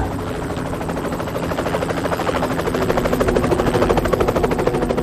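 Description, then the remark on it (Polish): A yellow helicopter slowly descends over a field, raising dust beneath its fuselage, its rotor beating in a fast, steady chop over a loud engine roar, growing gradually louder throughout, with no voices. “Pole opuszczał się wolno-żółty śmigłowiec.”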